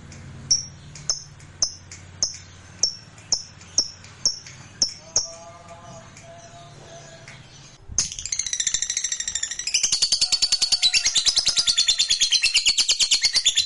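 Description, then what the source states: Lovebird: a regular series of sharp high chirps over a low hum, then a loud, rapid, continuous shrill chatter. Fighter-type lovebird singing energetically (gacor).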